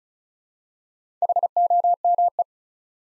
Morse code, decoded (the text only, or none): HOME